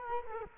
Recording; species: mosquito wingbeat signal from an infrared sensor; Culex quinquefasciatus